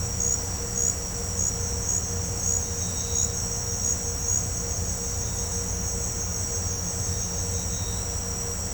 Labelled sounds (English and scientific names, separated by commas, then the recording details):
none
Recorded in pastures near Puerto Asís, Putumayo, Colombia, on 20 December 2024 at 18:00
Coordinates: 0.502, -76.324
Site G077